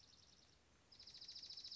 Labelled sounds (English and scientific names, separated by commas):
Dark-eyed Junco (Junco hyemalis)